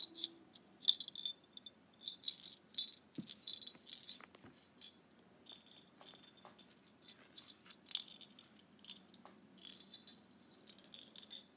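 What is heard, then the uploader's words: A tiny bell jingles in quick, uneven bursts, its thin, bright ringing clustered high and coming in short shakes through most of the twelve seconds. The bursts pause briefly around four and seven seconds. A soft, low rumble and a few dull knocks sit underneath. ASMR Tiny Bell.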